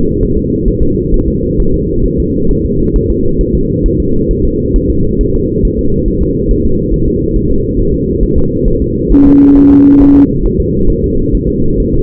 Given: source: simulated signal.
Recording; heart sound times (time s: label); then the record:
fetal heart sounds
0.23 s: S1
0.37 s: S2
0.68 s: S1
0.83 s: S2
1.14 s: S1
1.28 s: S2
1.60 s: S1
1.74 s: S2
2.06 s: S1
2.20 s: S2
2.51 s: S1
2.65 s: S2
2.96 s: S1
3.10 s: S2
3.41 s: S1
3.55 s: S2
3.86 s: S1
4.00 s: S2
4.31 s: S1
4.45 s: S2
4.76 s: S1
4.90 s: S2
5.21 s: S1
5.35 s: S2
5.65 s: S1
5.79 s: S2
6.08 s: S1
6.23 s: S2
6.51 s: S1
6.65 s: S2
6.94 s: S1
7.08 s: S2
7.36 s: S1
7.51 s: S2
7.80 s: S1
7.94 s: S2
8.24 s: S1
8.38 s: S2
8.68 s: S1
8.82 s: S2
9.12 s: S1
9.27 s: S2
9.57 s: S1
9.71 s: S2
10.01 s: S1
10.16 s: S2
10.46 s: S1
10.60 s: S2
10.90 s: S1
11.04 s: S2
11.35 s: S1
11.49 s: S2
11.80 s: S1
11.94 s: S2
From the record:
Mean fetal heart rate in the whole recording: 135 bpm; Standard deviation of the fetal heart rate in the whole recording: 3 bpm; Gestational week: 36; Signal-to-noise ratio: -16.4 dB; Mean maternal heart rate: 72 bpm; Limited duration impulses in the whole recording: present